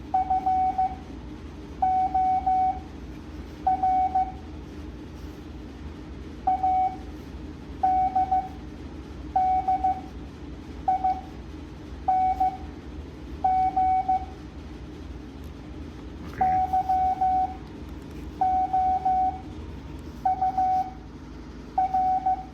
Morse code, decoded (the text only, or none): FOR ADDING YOUR